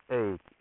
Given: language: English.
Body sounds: throat vibration sensor signal played as sound; speech

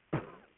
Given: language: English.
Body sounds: throat vibration sensor signal played as sound; cough

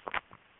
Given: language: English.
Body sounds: throat vibration sensor signal played as sound; swallow

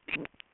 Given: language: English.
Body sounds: throat vibration sensor signal played as sound; swallow

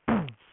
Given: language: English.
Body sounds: throat vibration sensor signal played as sound; throat clearing

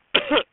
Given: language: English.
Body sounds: throat vibration sensor signal played as sound; cough

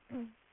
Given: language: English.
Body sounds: throat vibration sensor signal played as sound; throat clearing

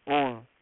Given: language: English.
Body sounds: throat vibration sensor signal played as sound; speech

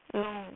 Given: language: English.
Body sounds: throat vibration sensor signal played as sound; speech

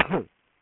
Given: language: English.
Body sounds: throat vibration sensor signal played as sound; cough

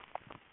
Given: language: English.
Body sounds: throat vibration sensor signal played as sound; swallow

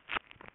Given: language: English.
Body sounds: throat vibration sensor signal played as sound; swallow

